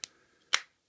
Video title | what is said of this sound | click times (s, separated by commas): Mighty Morphin Power Rangers Legacy White Tigerzord Review | they stick a little bit but you can get it and then it just swivels down clicks | 0.5 s